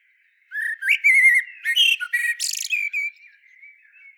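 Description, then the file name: Common blackbird calls with a quick series of squeaky, slurred whistles and a harsh buzzy note, fading into soft twittering. "Turdus merula"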